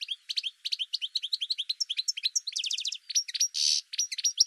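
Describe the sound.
Bird song, continuous high chattering chirps with rapid trilled notes and a harsh buzzy burst near the end.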